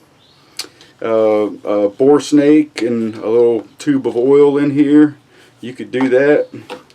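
Someone talks while handling the storage compartment cover on a rifle's polymer buttstock, a compartment that holds a cleaning kit such as a bore snake and a small tube of oil. A sharp tick sounds at 0.6 s, but the cover has not snapped on yet and nothing has seated.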